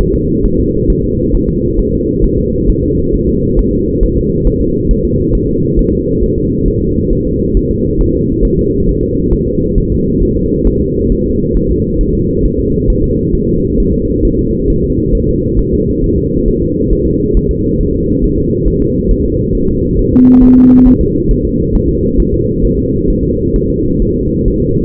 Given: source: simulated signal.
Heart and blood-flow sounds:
fetal heart sounds
0.01 s: S1
0.15 s: S2
0.46 s: S1
0.60 s: S2
0.90 s: S1
1.04 s: S2
1.35 s: S1
1.49 s: S2
1.79 s: S1
1.93 s: S2
2.24 s: S1
2.38 s: S2
2.69 s: S1
2.84 s: S2
3.14 s: S1
3.28 s: S2
3.59 s: S1
3.73 s: S2
4.03 s: S1
4.17 s: S2
4.47 s: S1
4.61 s: S2
4.91 s: S1
5.05 s: S2
5.35 s: S1
5.49 s: S2
5.79 s: S1
5.93 s: S2
6.24 s: S1
6.38 s: S2
6.68 s: S1
6.82 s: S2
7.13 s: S1
7.27 s: S2
7.57 s: S1
7.71 s: S2
8.01 s: S1
8.15 s: S2
8.45 s: S1
8.59 s: S2
8.89 s: S1
9.03 s: S2
9.33 s: S1
9.47 s: S2
9.78 s: S1
9.92 s: S2
10.23 s: S1
10.37 s: S2
10.67 s: S1
10.81 s: S2
11.12 s: S1
11.26 s: S2
11.56 s: S1
11.71 s: S2
12.01 s: S1
12.15 s: S2
12.45 s: S1
12.59 s: S2
12.90 s: S1
13.04 s: S2
13.35 s: S1
13.49 s: S2
13.80 s: S1
13.94 s: S2
14.25 s: S1
14.39 s: S2
14.70 s: S1
14.84 s: S2
15.15 s: S1
15.29 s: S2
15.59 s: S1
15.73 s: S2
16.04 s: S1
16.18 s: S2
16.48 s: S1
16.62 s: S2
16.93 s: S1
17.07 s: S2
17.37 s: S1
17.51 s: S2
17.81 s: S1
17.95 s: S2
18.24 s: S1
18.38 s: S2
18.68 s: S1
18.82 s: S2
19.11 s: S1
19.25 s: S2
19.55 s: S1
19.69 s: S2
19.99 s: S1
20.13 s: S2
20.43 s: S1
20.57 s: S2
20.87 s: S1
21.01 s: S2
21.31 s: S1
21.45 s: S2
21.75 s: S1
21.89 s: S2
22.20 s: S1
22.34 s: S2
22.65 s: S1
22.79 s: S2
23.10 s: S1
23.24 s: S2
23.56 s: S1
23.70 s: S2
24.02 s: S1
24.16 s: S2
24.48 s: S1
24.62 s: S2
From the record:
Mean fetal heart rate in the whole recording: 135 bpm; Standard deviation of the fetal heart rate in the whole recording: 3 bpm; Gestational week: 36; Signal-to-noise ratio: -14.7 dB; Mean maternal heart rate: 72 bpm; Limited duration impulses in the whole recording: present

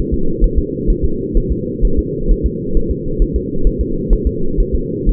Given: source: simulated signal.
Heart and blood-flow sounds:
fetal heart sounds
0.14 s: S2
0.44 s: S1
0.58 s: S2
0.90 s: S1
1.04 s: S2
1.37 s: S1
1.52 s: S2
1.85 s: S1
1.99 s: S2
2.31 s: S1
2.46 s: S2
2.77 s: S1
2.91 s: S2
3.22 s: S1
3.36 s: S2
3.67 s: S1
3.81 s: S2
4.13 s: S1
4.27 s: S2
4.60 s: S1
4.75 s: S2
5.09 s: S1
From the record:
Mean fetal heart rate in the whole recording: 130 bpm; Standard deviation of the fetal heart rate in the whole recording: 4 bpm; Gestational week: 38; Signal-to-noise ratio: -8.1 dB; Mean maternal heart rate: 72 bpm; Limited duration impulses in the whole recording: absent

